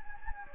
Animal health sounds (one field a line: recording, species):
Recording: mosquito wingbeat signal from an infrared sensor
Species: Anopheles gambiae